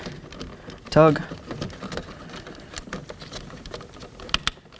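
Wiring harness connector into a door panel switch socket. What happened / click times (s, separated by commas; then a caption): The wiring connector clicked into its socket / 4.3 s. A second plastic wiring harness connector is pushed into a door panel switch socket on a 1988-2000 Chevy K1500 during a door lock actuator replacement, and someone talks. It clicks in at 4.3 s, followed by a quick tug to check that it is secure, and it is seated.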